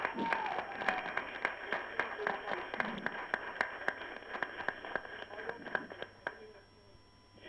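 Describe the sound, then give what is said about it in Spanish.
An audience applauds Carlos Regazzoni, lead candidate of the Cambiemos list for Almirante Brown, at the opening of a debate series. It is a dense wash of many hands clapping, with sharp individual claps standing out. The applause holds steady for several seconds before thinning out toward the end. “Y tenemos hoy el agrado de presentarles al candidato número uno por la lista de Cambiemos para Almirante Brown, el doctor Carlos Regazzoni, a quien le pedimos un fuerte aplauso.”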